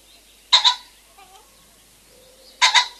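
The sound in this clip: Common pheasant calling twice, each a brief harsh two-part crow, roughly two seconds apart, with faint notes in between.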